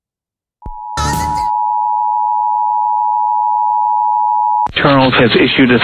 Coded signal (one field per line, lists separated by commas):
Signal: Emergency Alert System (SAME) tones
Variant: 853 and 960 Hz attention tone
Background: speech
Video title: Short But Sweet EAS Alerts From 5/12/24 EAS #641-651